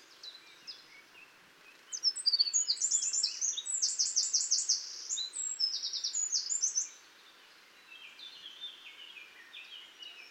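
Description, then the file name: Eurasian wren song rising out of soft chatter into about five seconds of loud, fast, high trills, then fading to quieter twitters. "Troglodytes troglodytes"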